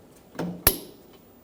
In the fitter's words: push until you hear a click if you don't give it a pull make sure it's locked on